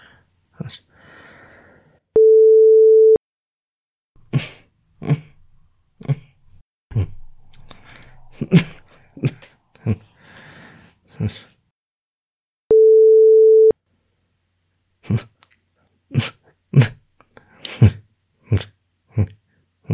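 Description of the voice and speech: An adult man with Tourette syndrome, diagnosed around 2016, makes a series of brief vocal tics: little grunts, hums, lip smacks, tongue movements and other mouth noises in short bursts, with sections separated by steady pure tones.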